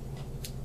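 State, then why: Seated. The swivel arm on an Evolv Darwin e-cigarette mod body is rotated into one of its three detent positions. It gives a short, bright click at 0.5 s over a steady low hum, and the arm seats in place.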